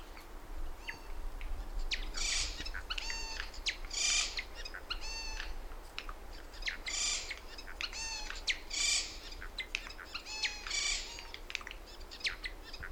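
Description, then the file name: Eurasian jay repeating harsh, grating screeches about every one to two seconds, interspersed with dry clicks, over a steady low background rumble. "Garrulus glandarius"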